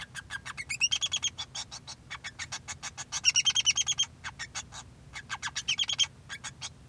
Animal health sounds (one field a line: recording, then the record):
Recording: song of a male Bengalese finch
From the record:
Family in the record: son of father 2